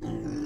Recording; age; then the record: pig call; weaner (32 to 43 days)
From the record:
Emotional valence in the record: positive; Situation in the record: positive conditioning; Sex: female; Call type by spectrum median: low-frequency call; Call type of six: low-frequency stable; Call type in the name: low-frequency stable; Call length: 0.47 s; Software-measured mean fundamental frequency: 58 Hz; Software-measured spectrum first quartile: 192 Hz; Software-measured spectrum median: 299 Hz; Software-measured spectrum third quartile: 449 Hz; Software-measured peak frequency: 309 Hz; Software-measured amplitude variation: 127 dB a second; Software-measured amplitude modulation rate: 33.3 a second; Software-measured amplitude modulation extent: 3.8 dB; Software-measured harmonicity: 2.7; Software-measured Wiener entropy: -0.36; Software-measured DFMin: 1178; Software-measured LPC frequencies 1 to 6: 324, 1722, 2990, 4891, 5543, 5951 Hz